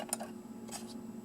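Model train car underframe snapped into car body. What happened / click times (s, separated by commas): A snap-fit plastic part popped free / 0.1 s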